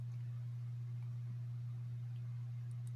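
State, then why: Not seated. A small metal spring coil is worked into its seat in a Traxxas nitro RC engine carburetor (2.5, 2.5R, 3.3) during a rebuild. A steady low hum runs throughout, with faint handling noise and two brief soft ticks near 2.7 and 2.9 seconds. The spring has not snapped into place yet, and nothing has seated.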